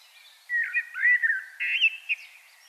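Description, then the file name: Common blackbird giving a short, warbled run of whistled notes over a light hiss. "Turdus merula"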